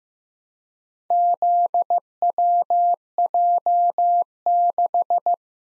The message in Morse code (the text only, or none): ZWJ6